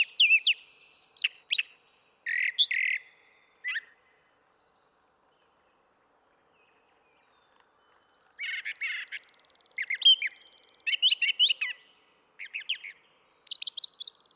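Brown thrasher phrases of chirps and slurred whistles, then a silent stretch, then more phrases, with a steady high buzz at times.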